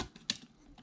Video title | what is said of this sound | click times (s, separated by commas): Tambeyoda Reviews: Soul of Chogokin GX-88 Voltron Vehicle Force Dairugger XV | You'll feel it click all the way in. | 0.3 s